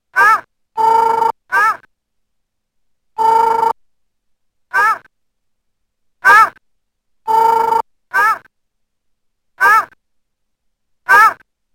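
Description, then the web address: Dog baying: long, steady, tonal bays alternate with shorter, sharply bent yelping cries, in irregular bursts separated by silent gaps. "ogare"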